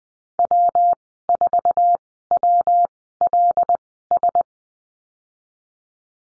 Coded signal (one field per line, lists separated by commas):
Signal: Morse code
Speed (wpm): 20 wpm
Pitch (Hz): 700 Hz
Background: none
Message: W4WLS